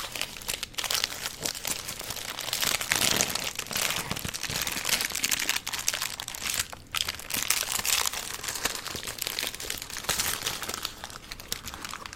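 Eating sounds from a food-tasting session: dense, crackly crunching and crinkling runs almost without pause, bright and sharp, like wrappers and crispy food being handled and chewed. Brief quiet dips break it near one, four and seven seconds.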